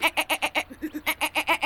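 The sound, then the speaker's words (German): A goat grazing in a churchyard in the evening bleats in a long, rapidly quavering call of about a dozen pulses. The pitch dips lower midway, then returns to a bright, nasal tone. No one speaks over it. “Na, Ziege, bist du satt?”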